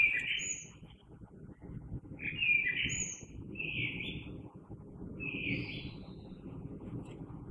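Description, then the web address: Common blackbird giving short fluty song fragments with brief pauses between, over a constant low rumbling background noise. Recorded on 3 March 2020. "oiseaux Merle 2020 03 03"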